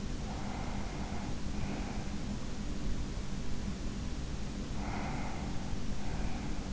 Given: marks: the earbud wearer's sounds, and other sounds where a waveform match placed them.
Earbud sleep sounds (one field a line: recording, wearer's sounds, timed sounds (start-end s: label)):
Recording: sounds in sleep by an in-ear microphone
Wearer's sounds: breath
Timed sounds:
0.05-2.45 s: breath
4.62-6.73 s: breath